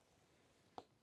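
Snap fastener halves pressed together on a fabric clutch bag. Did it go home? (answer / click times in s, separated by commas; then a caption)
yes / 0.8 s. Snap fastener halves on a fabric clutch bag are placed on the reverse side and pressed together by hand. A single sharp click is heard at 0.8 s over a quiet background, and the snap fastener is seated shut.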